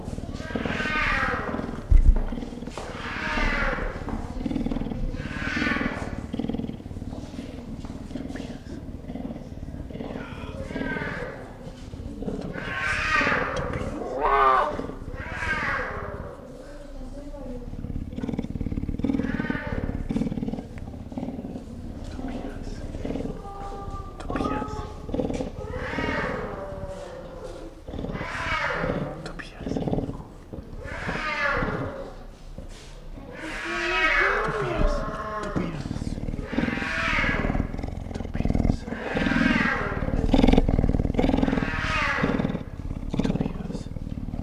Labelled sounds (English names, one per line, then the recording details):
Puma
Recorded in captivity
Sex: diverse
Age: adult
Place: Zoo Berlin, Berlin, DE
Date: 1959-07-25 18:30
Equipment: Reporter (Vollspur)
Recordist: Tembrock, Günter